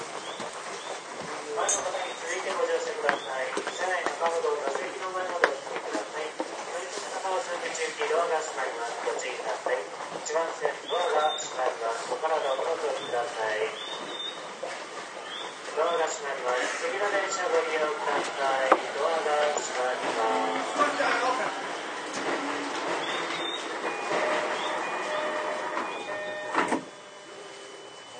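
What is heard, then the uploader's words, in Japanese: Voices talk continuously aboard a Toei 10-300 series subway train, with mid-pitched speech overlapping in a busy car. A low, steady rumble of the running train sits underneath throughout. Near the end, around 23 seconds, a brief tone sounds before things quiet abruptly. 都営10-300形(3次車) 新線新宿〜高尾山口。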